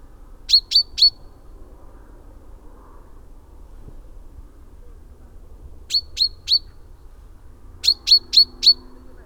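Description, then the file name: Common chaffinch giving sharp metallic chips in groups of three or four, separated by pauses, over low background noise. "Fringilla coelebs"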